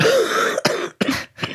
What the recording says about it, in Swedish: Hör du då att det liksom rosslar i lungorna? Det går ju aldrig över ordentligt jag har legat däckad 2 gånger på 1,5 månad ungefär.